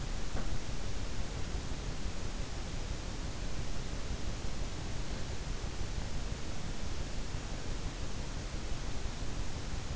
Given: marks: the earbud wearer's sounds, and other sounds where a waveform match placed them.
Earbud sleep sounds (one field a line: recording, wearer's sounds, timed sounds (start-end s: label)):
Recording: sounds in sleep by an in-ear microphone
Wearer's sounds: teeth grinding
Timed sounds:
0.00-0.58 s: teeth grinding